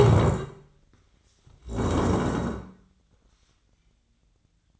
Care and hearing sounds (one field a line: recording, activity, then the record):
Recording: daily activity, microphone in the room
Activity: stand up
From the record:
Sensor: 3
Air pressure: 1012.2 hPa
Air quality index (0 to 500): 172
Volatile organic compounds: 3 ppm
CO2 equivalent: 1318 ppm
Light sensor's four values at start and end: 59/149/66/71 and 95/200/102/113